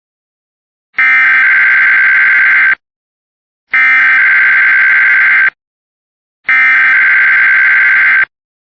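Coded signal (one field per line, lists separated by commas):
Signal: Emergency Alert System (SAME) tones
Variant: header bursts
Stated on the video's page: Real required weekly EAS tests.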